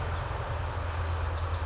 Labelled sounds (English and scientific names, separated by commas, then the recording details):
Pacific Wren (Troglodytes pacificus)
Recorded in Sonoma County, California